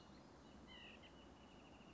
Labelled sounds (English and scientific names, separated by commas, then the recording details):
White-breasted Nuthatch (Sitta carolinensis)
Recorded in Sonoma County, California